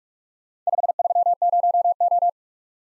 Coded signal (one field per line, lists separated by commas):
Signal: Morse code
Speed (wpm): 44 wpm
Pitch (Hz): 700 Hz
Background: none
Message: 530O